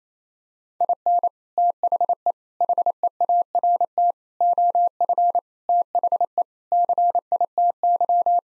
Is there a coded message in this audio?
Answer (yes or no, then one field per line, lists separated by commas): yes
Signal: Morse code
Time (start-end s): 0.8-8.4 s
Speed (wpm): 28 wpm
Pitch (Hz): 700 Hz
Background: none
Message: IN THE HEART OF THE CITY